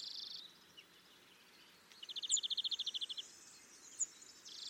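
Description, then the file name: Great tit giving one dry, rapid ticking rattle amid steady hiss, with a few thin high notes around it. "Parus major"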